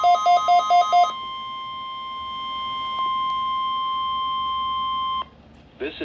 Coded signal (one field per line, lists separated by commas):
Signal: Emergency Alert System (SAME) tones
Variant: 1050 Hz attention tone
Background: speech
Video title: (EAS) Required Weekly Test (KEC43 Anchorage Alaska)